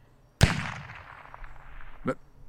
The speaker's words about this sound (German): Was war das? Das war doch ein Schuss.